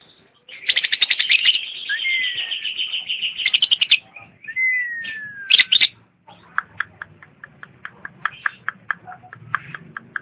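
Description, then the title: Lovebird chatter: a dense, buzzy stream of rapid shrill notes with a couple of sliding whistles, then quicker separate squeaky chirps. Champion lovebird, singing. "KICAU BURUNG LOVEBIRD JUARA"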